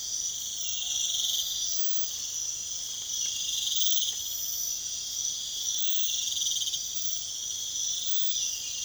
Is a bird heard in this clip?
no